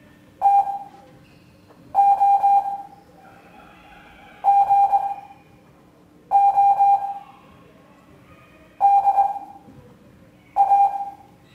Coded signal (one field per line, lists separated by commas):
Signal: Morse code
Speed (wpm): 21 wpm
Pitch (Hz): 800 Hz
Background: none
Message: TO GO DA